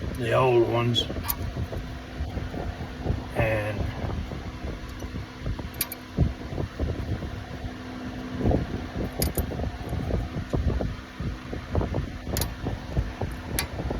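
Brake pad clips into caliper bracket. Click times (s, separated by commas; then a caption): 5.8 s, 9.2 s, 13.6 s. During a front brake pad and disc replacement on a 2018 Impala, metal brake pad hardware clips (or the pads) are pressed by hand into the caliper bracket while someone talks. Sharp metallic snaps are heard at 5.8, 9.2 and 13.6 seconds as the clips seat into place.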